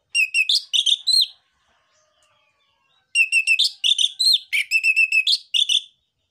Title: PANCINGAN Anis Merah Gacor Materi Isian Rapat Cocok Untuk MASTERAN Anis Merah TROTOL